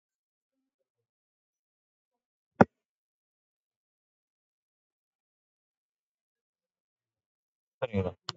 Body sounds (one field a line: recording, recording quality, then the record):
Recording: deep breathing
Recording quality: poor, much background noise or distortion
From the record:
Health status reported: COVID-19 positive, mild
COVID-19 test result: positive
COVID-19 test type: RT-PCR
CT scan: taken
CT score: 10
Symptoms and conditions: cough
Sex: male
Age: 44 years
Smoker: no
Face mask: worn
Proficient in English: yes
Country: India